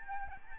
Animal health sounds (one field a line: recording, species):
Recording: mosquito wingbeat signal from an infrared sensor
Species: Aedes albopictus